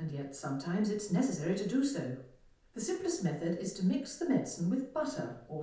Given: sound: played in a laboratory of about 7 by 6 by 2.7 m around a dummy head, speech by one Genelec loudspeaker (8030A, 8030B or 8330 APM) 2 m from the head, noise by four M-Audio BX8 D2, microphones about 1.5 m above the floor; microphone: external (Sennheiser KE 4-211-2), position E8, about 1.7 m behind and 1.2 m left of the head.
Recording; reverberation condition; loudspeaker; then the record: female speech in English; medium; in front (0 degrees)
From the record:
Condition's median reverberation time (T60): about 510 ms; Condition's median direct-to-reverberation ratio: about -0.5 dB